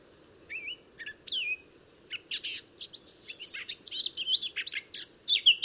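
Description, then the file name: Eurasian blackcap warbling: a couple of clear whistled notes open, then a quickening jumble of high scratchy and fluty notes, with a low steady hum underneath. "Sylvia atricapilla"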